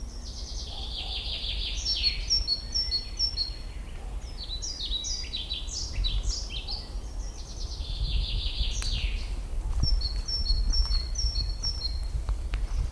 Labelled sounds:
Common Chaffinch song
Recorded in the wild
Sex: male
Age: adult
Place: Lanke, Brandenburg, DE
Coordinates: 52.76, 13.54
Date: 1995-04-30 18:55
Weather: heiter 14-15°C
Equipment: Marantz CP 430, Sennheiser ME 80, Kopie Uher 4000 Report Monitor
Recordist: Tembrock, Günter

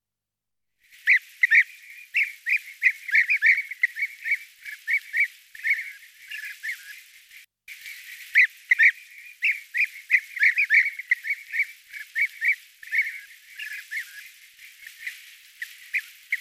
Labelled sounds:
European Bee-eater song
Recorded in the wild
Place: Merdingen bis Ihringen / Kaiserstuhl, Baden-Württemberg, DE
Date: 2000-08-25
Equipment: MiniDisc Sharp MT 20 H
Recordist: Schwarz, Dieter
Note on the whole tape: Song

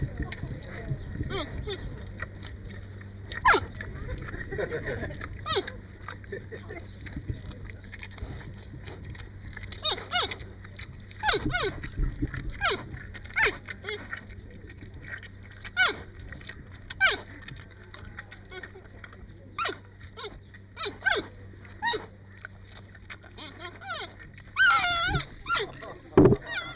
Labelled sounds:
Giant Panda call
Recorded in captivity
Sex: female
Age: adult
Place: Tierpark Berlin, Berlin, DE
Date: 1958-08-21
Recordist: Tembrock, Günter

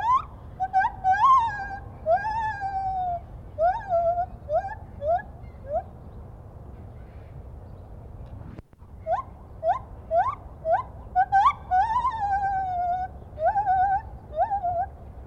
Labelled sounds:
Lar Gibbon
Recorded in captivity
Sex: male
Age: adult
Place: Tierpark Berlin, Berlin, DE
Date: 1972-10-28
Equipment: Uher 4200 Report Stereo, Sennheiser MD 421
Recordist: Tembrock, Günter

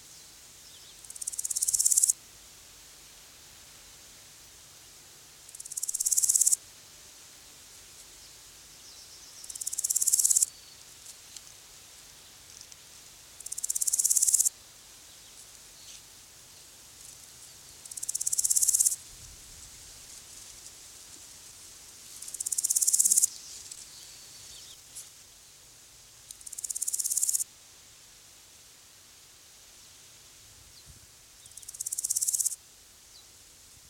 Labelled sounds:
Large Gold Grasshopper
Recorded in the wild
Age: imago
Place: Köppchensee, Berlin, DE
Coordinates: 52.6167, 13.3667
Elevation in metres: 40
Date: 2003-06-22 14:13
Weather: heiter, 17 - 18°C
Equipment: Fair Mate ST-1328 (Asahi Electronics, Japan), Sennheiser ME 80, Kopie Uher 4000 Report Monitor
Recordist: Tembrock, Günter

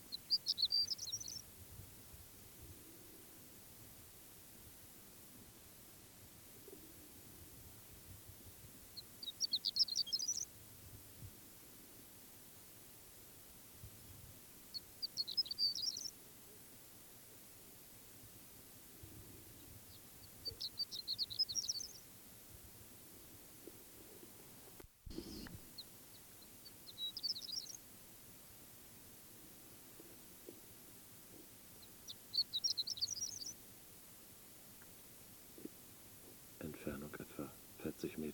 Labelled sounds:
Horned Lark
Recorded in the wild
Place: Wüste Gobi, MN
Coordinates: 42.94, 105.082
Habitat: Desert
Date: 1979-06-01 05:45
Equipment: Nagra III BH, Sennheiser MD 21, parabola
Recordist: Schubert, Michael
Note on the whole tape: Rufe und Bodengesang Ohrenlerche (Dist. ~40m, sehr leise)

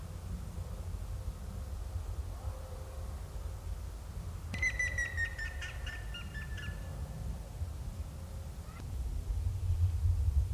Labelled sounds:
Grey-headed Woodpecker
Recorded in the wild
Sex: male
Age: adult
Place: Bielefeld-Stieghorst, OT Lämershagen, Nordrhein-Westfalen, DE
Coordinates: 51.9747, 8.61917
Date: 1972-03-17
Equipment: Uher 4200 Report Stereo, Bändchenmikro Beyer M 260, Parabolspiegel Polyester (600 mm)
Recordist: Conrads, Klaus

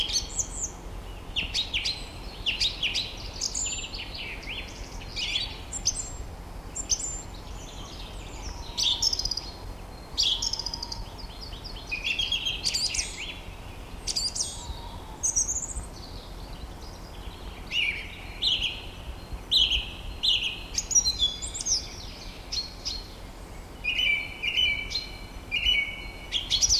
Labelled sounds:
Song Thrush song
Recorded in the wild
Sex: male
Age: adult
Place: Marloffstein, NSG "Wildnis am Rathsberg", Bayern, DE
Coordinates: 49.6169, 11.0175
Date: 1962-04-10
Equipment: Stellavox SM 4a ohne Vorverstärker
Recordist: Tretzel, Erwin

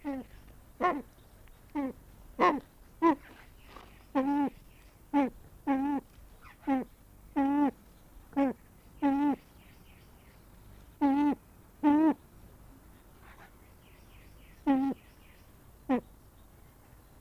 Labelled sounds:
Brown Eared Pheasant call
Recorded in captivity
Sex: male
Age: adult
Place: Tierpark Berlin, Berlin, DE
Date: 1998-03-28 10:35
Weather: bedeckt, ca. 10°C
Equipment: Nagra SN, Kopie Uher 4000 Report Monitor
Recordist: Tembrock, Günter

